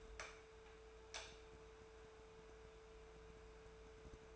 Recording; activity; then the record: daily activity, microphone in the room; light on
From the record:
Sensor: 2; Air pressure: 1014.6 hPa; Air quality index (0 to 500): 187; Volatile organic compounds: 14 ppm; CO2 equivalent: 2470 ppm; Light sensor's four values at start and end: 27/66/29/32 and 26/69/29/30